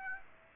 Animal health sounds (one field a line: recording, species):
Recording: mosquito wingbeat signal from an infrared sensor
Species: Aedes aegypti